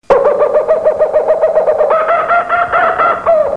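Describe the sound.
Kookaburra calling in a rapid rolling series of hooting notes, shifting higher in pitch partway through and continuing to the end.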